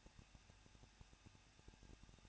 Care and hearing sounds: daily activity, microphone in the room; no activity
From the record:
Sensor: 2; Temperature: 21.0 degrees Celsius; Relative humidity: 37.4%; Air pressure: 1006.2 hPa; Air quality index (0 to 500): 221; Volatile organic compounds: 24 ppm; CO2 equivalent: 2801 ppm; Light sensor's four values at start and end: 2/3/2/2 and 2/3/2/2

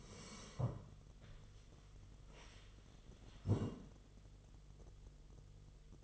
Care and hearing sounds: daily activity, microphone in the room; sit down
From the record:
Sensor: 4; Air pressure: 1006.1 hPa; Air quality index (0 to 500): 98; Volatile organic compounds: 2 ppm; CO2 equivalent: 1228 ppm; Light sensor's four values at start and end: 12/28/11/10 and 12/28/11/10

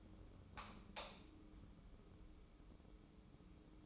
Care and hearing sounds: daily activity, microphone in the room; light on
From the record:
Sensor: 1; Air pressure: 995.4 hPa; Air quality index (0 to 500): 25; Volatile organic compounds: 0 ppm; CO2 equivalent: 500 ppm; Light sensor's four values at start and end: 10/26/10/11 and 14/41/15/17

